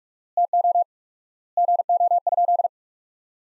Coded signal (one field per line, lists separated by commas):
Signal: Morse code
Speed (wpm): 42 wpm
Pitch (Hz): 700 Hz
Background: none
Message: TO GO?